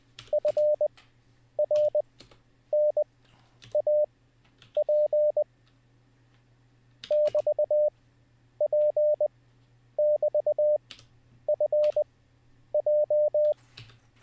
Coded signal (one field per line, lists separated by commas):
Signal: Morse code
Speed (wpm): 20 wpm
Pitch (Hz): 600 Hz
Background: none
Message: FRNAP <BT>P<BT>FJ